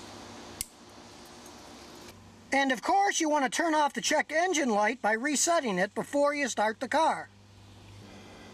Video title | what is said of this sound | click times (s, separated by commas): How to Fix a Car that Randomly Dies while Driving | and then snap it back on until it clicks | 0.6 s